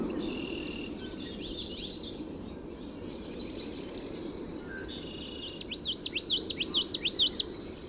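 Common yellowthroat song: a loud rolling run of quick repeated high phrases near the end, after softer high chirps and phrases, over a steady low rumble.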